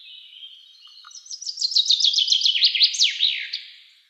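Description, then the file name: Common chaffinch singing a rattling series of crisp notes, dropping in pitch through the phrase and closing with an emphatic down-slurred ending, above soft background hiss. "Fringilla coelebs"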